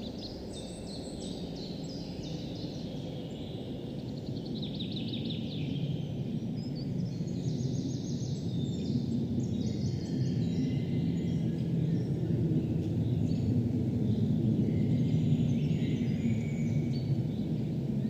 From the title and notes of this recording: It was pretty windy in the forest today.